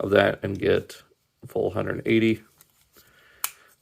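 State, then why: Seated. Someone talks while the plastic knee transformation joint in the leg of a Transformers Generations Legacy Evolution Comic Universe Tarn action figure is bent to a full 180 degrees and then returned forward. After a faint tick near 2.6 s, a sharp click at 3.4 s marks the joint seating back into place.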